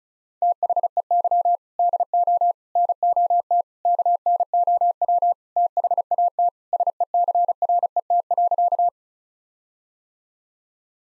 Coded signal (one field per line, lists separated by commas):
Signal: Morse code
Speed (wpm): 34 wpm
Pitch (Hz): 700 Hz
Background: none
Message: THEY DO NOT KNOW THAT SECRET.